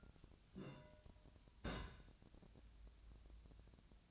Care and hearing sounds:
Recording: daily activity, microphone in the room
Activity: place on stove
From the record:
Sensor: 2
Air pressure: 1009.8 hPa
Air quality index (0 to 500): 179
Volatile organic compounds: 10 ppm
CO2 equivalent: 2234 ppm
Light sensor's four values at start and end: 30/74/32/35 and 30/75/32/35

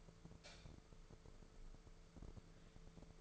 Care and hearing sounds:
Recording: daily activity, microphone in the room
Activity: light on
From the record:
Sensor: 5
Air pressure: 1014.8 hPa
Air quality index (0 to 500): 170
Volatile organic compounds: 6 ppm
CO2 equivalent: 1867 ppm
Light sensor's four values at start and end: 103/244/105/116 and 104/250/107/118

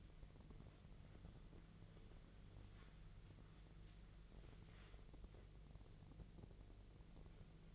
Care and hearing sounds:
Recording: daily activity, microphone in the room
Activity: wipe stove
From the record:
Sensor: 4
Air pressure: 1001.2 hPa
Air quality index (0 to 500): 185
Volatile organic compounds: 3 ppm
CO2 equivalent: 1322 ppm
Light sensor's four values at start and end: 13/29/12/12 and 13/29/12/12

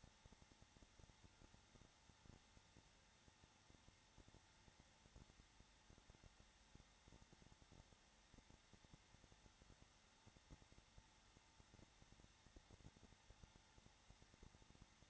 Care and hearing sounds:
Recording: daily activity, microphone in the room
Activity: no activity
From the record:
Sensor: 3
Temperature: 21.3 degrees Celsius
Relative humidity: 33.3%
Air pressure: 994.5 hPa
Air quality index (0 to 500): 168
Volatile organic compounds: 3 ppm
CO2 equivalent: 1459 ppm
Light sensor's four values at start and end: 2/3/2/2 and 2/3/2/2

